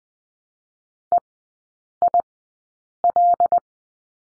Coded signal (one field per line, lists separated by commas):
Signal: Morse code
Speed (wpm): 20 wpm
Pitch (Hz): 700 Hz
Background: none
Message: EIL